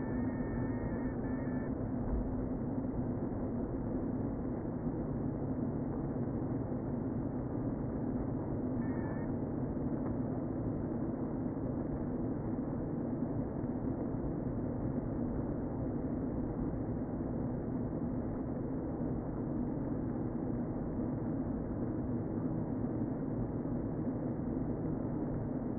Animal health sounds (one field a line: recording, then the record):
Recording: honeybee colony, microphone inside the hive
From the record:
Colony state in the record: queen present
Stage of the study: before two queens were removed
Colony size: about 60,000 bees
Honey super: yes